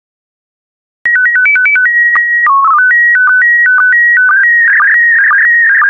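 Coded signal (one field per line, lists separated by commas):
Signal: SSTV (slow-scan television)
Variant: PD 120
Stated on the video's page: SSTV transmission in PD120 mode carrying wildlife photos.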